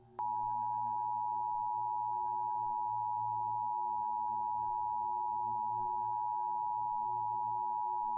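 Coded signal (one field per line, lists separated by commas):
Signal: Emergency Alert System (SAME) tones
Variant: 853 and 960 Hz attention tone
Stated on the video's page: Mock EAS alert made in Roblox with valid tones.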